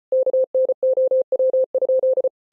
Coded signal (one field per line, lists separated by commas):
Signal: Morse code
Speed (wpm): 33 wpm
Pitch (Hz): 520 Hz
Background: none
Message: KNOW?